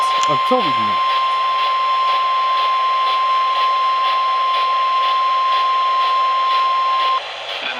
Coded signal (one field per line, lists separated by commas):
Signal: Emergency Alert System (SAME) tones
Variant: 1050 Hz attention tone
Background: speech